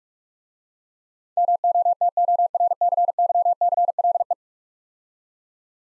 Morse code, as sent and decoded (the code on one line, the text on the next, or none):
-- --- - --- .-. -.-. -.-- -.-. .-.. .
MOTORCYCLE